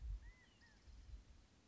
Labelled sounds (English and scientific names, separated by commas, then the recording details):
California Quail (Callipepla californica)
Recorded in Sonoma County, California